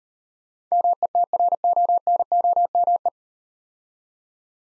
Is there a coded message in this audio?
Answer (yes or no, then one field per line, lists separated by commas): yes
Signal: Morse code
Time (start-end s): 0.7-3.1 s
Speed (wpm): 39 wpm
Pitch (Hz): 700 Hz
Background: none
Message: METRONOME